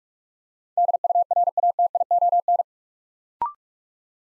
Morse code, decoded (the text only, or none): DURATION